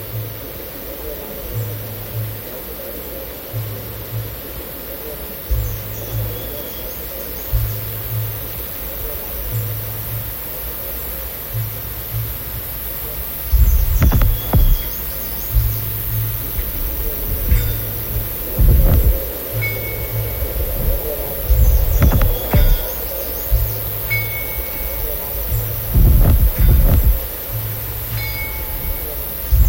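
A soundscape from a hike up to Everest Base Camp, built over a steady hiss and a soft low thump that repeats about every second. Past the midpoint, louder knocks and clatters break in every few seconds, with brief high chime-like tones.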